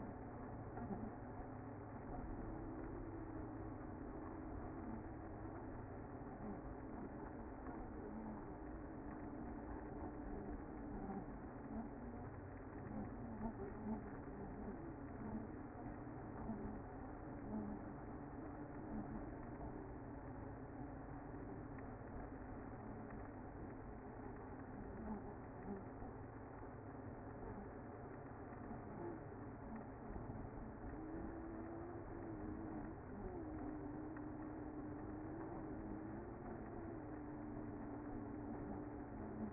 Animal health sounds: honeybee colony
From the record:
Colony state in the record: active

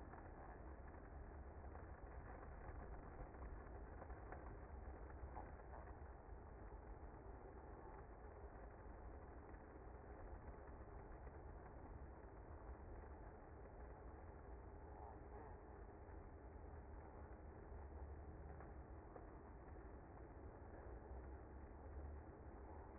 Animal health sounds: honeybee colony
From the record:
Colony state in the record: active

